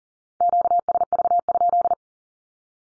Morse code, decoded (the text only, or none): QSV?